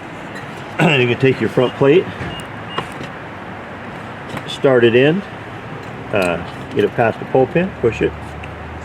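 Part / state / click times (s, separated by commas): removable front license plate onto a quick-release pole-pin bracket on the front bumper / not seated / none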